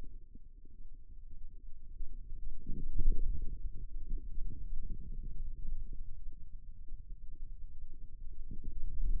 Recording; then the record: forearm muscle sounds (acoustic myography)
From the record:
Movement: radial deviation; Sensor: system 2, bracelet of six BSWA MPA416 microphones around the upper forearm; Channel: 6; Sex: female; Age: 25 years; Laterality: right